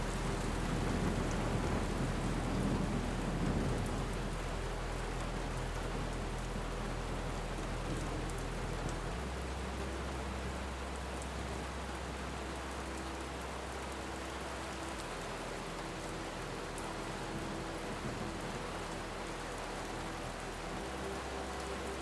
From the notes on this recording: the rumble of thunder meets the delicacy of a soothing melody